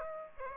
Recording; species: mosquito wingbeat signal from an infrared sensor; Aedes aegypti